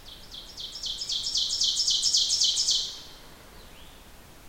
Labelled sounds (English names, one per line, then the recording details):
Ovenbird song
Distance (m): 15 m
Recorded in boreal forest in Alberta, Canada, on 14 June 2016 at 05:58
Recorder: SongMeter 3, array SBT-3-33
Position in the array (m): 108 m, 9 m
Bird 21